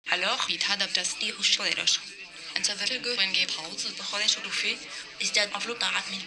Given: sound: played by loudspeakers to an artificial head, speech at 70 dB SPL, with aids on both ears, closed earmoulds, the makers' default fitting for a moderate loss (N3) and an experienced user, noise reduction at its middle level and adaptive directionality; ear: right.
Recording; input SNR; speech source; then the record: speech test signal (ISTS) in cocktail-party noise; +9 dB; in front (0 degrees)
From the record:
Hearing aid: class 1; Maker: B